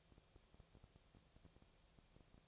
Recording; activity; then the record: daily activity, microphone in the room; no activity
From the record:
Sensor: 1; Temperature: 19.6 degrees Celsius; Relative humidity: 36.5%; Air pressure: 997.0 hPa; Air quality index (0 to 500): 204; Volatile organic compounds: 129 ppm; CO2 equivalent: 3924 ppm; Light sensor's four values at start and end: 1/2/1/1 and 1/2/1/1